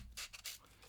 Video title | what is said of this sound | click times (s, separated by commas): How to clean a tripod to extend it's life and prevent expensive fails. | and it slides in and then we can lock up the Locking lever here | 0.5 s